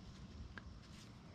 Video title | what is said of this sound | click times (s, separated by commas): MTD Yard Machines Mower Wont Start - Briggs and Stratton Plastic Carburetor - How to fix it yourself | push that in there kind of snaps into place | 0.6 s